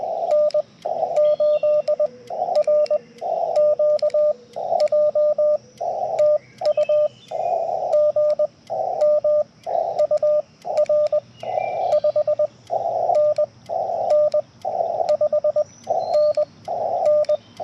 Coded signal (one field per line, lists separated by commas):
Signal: Morse code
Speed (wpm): 20 wpm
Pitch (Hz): 590 Hz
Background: radio noise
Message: N8RQJ TU GM UR 5NN 5NN